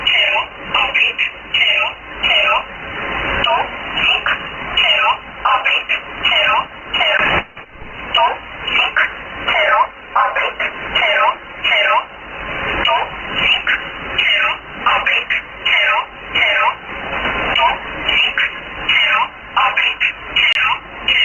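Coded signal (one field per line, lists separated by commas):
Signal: numbers station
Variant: E11 Oblique, English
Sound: voice reading short, evenly spaced words over a narrow shortwave channel with hiss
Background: radio static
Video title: 30 07 2018 E11 Oblique Numbers station in English to Eu 0745 on 9610 unknown tx site in USB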